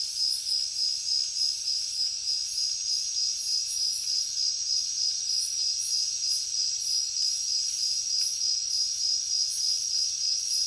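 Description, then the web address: Crickets chirping in a dense, steady high-pitched chorus, pulsing rapidly about three times a second, with a constant shrill ringing tone beneath the pulses. Heavy crickets in a jungle at night. "Nature Jungle Night Heavy Crickets"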